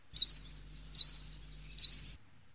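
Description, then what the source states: Hume's leaf warbler calls: three high, wavering, slurred notes spaced under a second apart. Chinese subspecies mandellii, which differs from Hume's leaf warbler by its call but is otherwise very similar; played in a lecture.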